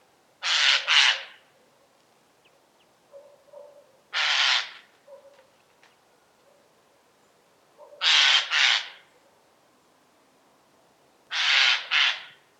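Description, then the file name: Eurasian jay giving harsh, rasping screeches, most a doubled burst, four calls spaced roughly three to four seconds apart, with faint softer notes in between. Subspecies iphigenia. "Garrulus glandarius iphigenia"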